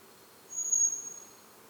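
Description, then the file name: Common blackbird uttering one long, very high, pure whistled note that swells and fades gently over low background hiss. "Turdus merula"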